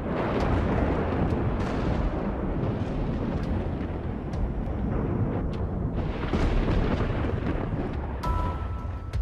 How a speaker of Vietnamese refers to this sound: Ngoài trời mưa gió bão bùng tăm tối, đúng lúc có một tia sét rạch ngang trời, vang lên tiếng nổ đinh tai nhức óc.